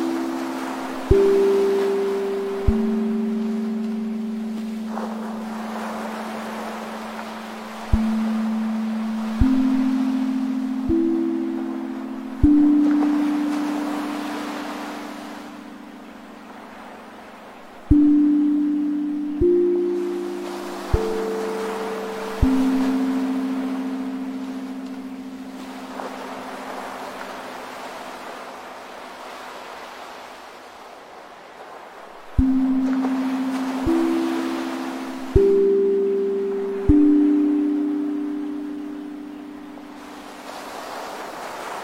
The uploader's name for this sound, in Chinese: 忘忧鼓乐器的声音